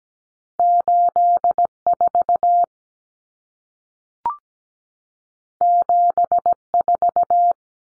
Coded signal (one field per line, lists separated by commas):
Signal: Morse code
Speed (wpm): 17 wpm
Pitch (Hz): 700 Hz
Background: none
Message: 84 74